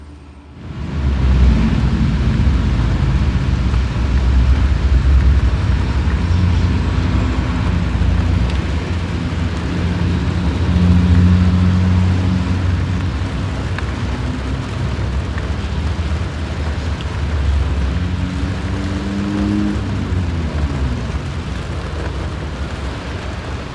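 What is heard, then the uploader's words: Rain on a car window makes a steady hiss over a low engine rumble, with humming tones that shift and rise near twenty seconds. Sleep Rain On Car Window Ambient Noise.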